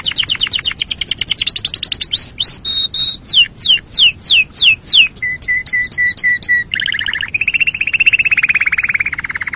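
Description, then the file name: Canary song full of rapid repeated chirps, looping slurred notes, evenly spaced whistles and a closing long buzzy trill, sung continuously. "canarysong omkicau"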